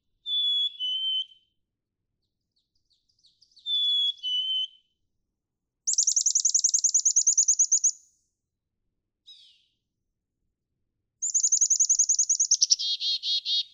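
Black-capped Chickadee whistles its two-note falling song twice, followed by two loud, rapid, high buzzy trills of about two seconds each.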